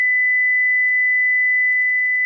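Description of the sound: A steady, high, whistle-like pure tone at 2000 Hz holds for about two seconds, with faint clicks near the end. It is a hearing test tone at the top of the main speech range, 500 to 2000 Hz; with age, hearing loss begins in the high frequencies around 2000 to 4000 Hz.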